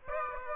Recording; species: mosquito wingbeat signal from an infrared sensor; Aedes aegypti